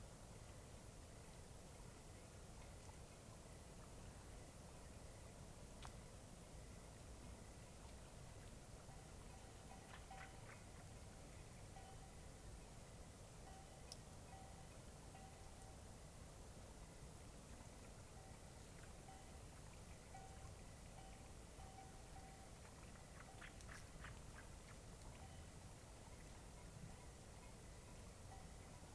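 Night ambience beside Taylor Lake: a steady, dense wash of hiss and low rumble, with faint thin tones and occasional brief clicks.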